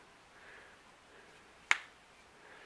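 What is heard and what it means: A hinged section of an ABBREE 42.5-inch dual band foldable blade antenna is unfolded and locks into its hinge joint with a single sharp snap at 1.7 s. The antenna section is seated and locked in place. Before and after the snap there is only faint, steady background hiss.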